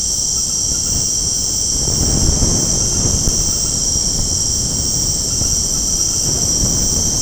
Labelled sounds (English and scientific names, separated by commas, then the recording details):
none
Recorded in secondary vegetation near Puerto Asís, Putumayo, Colombia, on 20 February 2024 at 22:00
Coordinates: 0.489, -76.322
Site G6419